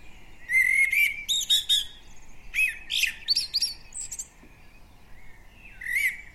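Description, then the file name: Common blackbird song of mellow whistled notes followed by thin, high chattering flourishes, delivered in several quick phrases. "Turdus merula"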